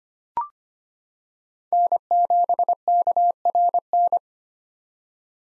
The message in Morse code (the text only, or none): N7KRN